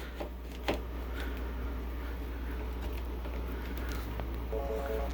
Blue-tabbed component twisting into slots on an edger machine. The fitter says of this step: so once they're in there you want to just turn it until it locks and there you go it's locked in